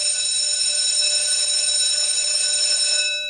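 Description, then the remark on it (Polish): A loud electric school bell rings continuously, a steady, shrill metallic clang with a harsh buzzing tone that holds unbroken for several seconds before cutting off. No voices are heard. “A ktoś powie, dlaczego szkolny dzwonek miałby się kojarzyć negatywnie?”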